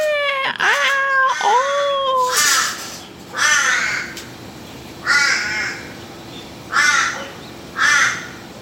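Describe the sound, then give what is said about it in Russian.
Australian crows give a series of loud, drawn-out wailing cries, each sliding downward in pitch like a yowling cat or crying baby, about six calls separated by short pauses. “Как кричат австралийские вороны. Мне кажется, это помесь мартовского кота и маленького ребенка.”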